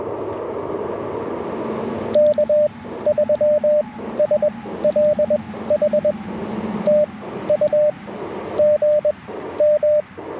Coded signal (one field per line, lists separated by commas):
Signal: Morse code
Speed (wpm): 19 wpm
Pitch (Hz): 590 Hz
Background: radio noise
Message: K3SLH TU GM